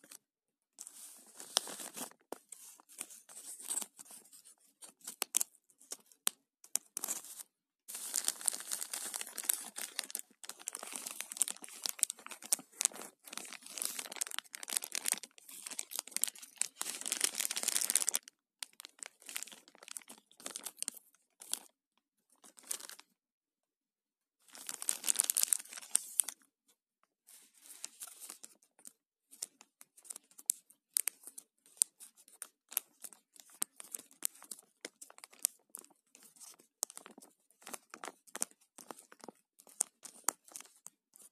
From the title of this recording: Ziploc bag sounds